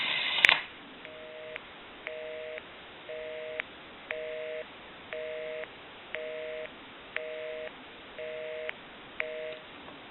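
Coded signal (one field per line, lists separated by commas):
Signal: telephone call progress tone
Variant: North America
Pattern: busy tone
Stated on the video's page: Call progress tone on a Northern Electric Galion rotary desk telephone during initial checkout and repair.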